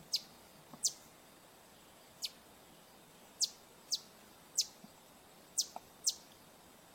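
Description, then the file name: Green honeycreeper giving high, sharp, downward-slurred notes at uneven intervals, some close together, over soft steady hiss. "Canto do sai verde"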